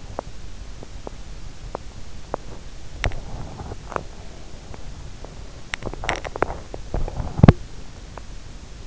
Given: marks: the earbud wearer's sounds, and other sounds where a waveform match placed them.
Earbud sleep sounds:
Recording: sounds in sleep by an in-ear microphone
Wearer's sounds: teeth grinding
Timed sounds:
0.00-8.28 s: teeth grinding

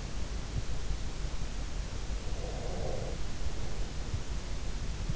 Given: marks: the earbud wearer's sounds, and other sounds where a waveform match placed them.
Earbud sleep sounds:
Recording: sounds in sleep by an in-ear microphone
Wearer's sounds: breath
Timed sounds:
2.19-4.11 s: breath

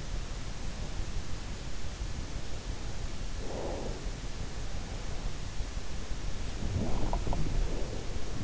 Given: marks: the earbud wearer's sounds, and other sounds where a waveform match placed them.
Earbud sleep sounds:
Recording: sounds in sleep by an in-ear microphone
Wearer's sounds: breath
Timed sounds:
2.28-4.28 s: breath
6.55-8.43 s: sound from someone else or the room
7.47-8.43 s: breath

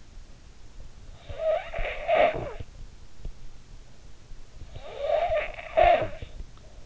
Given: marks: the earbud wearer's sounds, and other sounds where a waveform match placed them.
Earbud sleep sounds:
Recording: sounds in sleep by an in-ear microphone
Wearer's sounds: snoring breath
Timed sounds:
1.09-3.14 s: snoring breath
4.34-6.58 s: snoring breath

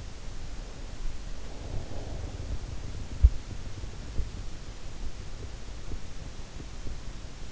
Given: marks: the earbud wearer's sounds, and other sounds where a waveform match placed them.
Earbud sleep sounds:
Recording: sounds in sleep by an in-ear microphone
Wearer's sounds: breath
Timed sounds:
1.60-3.22 s: breath

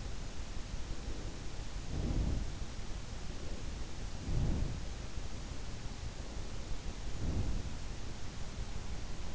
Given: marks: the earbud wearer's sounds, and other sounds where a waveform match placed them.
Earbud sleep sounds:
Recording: sounds in sleep by an in-ear microphone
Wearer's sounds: breath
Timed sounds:
1.98-2.49 s: breath
4.18-4.78 s: breath
7.18-7.80 s: breath

